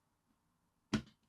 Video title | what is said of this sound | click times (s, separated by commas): Ellis Clark Trains How to Series - Episode 8 - Running Your Black 5 | and it clicked in if you then grasp it with your left hand turn her over completely | 0.9 s